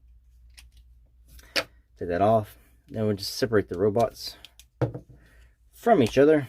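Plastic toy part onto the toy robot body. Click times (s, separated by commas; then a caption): 0.6 s. A plastic piece of a Transformers Siege Refraktor three-pack combiner toy slides back onto the toy robot body and locks into place with a sharp click at 0.6 s, followed by a couple of faint taps. Someone then talks.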